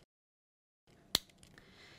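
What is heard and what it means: The gray start button on a single-dose prefilled Repatha autoinjector pen is pressed while the pen is held firmly against the skin. After near silence and then a low background hum, one loud, sharp click sounds at 1.2 s, followed by a few faint ticks, as the injection starts.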